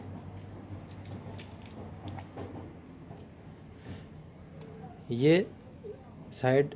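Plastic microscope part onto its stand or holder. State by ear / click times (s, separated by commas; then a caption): not seated / none. Someone talks while lining up a plastic part of a portable digital microscope onto its stand or holder, with small contact taps around 2.1 and 2.2 seconds and two louder, rising squeaky sounds near 5.1–5.4 and 6.4–6.7 seconds. The part is only being positioned, and nothing has seated or locked yet.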